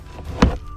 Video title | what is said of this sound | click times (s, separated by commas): RAM 1500 Cabin Air Filter Replacement | on the glove box should just snap in place | 0.4 s